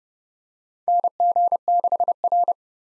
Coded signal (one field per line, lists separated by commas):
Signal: Morse code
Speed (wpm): 30 wpm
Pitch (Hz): 700 Hz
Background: none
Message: NG6R